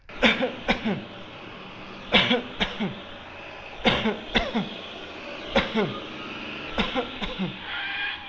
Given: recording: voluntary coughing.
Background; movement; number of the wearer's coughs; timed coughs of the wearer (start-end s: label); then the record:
traffic; sitting; 9
0.20-0.56 s: cough
0.66-1.14 s: cough
2.11-2.51 s: cough
2.58-2.99 s: cough
3.82-4.16 s: cough
4.32-4.72 s: cough
5.53-5.87 s: cough
6.75-7.12 s: cough
7.12-7.63 s: cough
From the record:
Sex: male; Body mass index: 20.6 kg/m2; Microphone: on the chest, facing the body